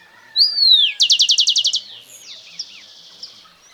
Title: Myiothlypis Nigrocristata